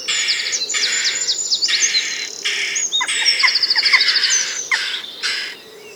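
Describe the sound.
Western jackdaw harsh calls, broad raspy bursts repeated about once a second, mixed with quick high chirps and twittering.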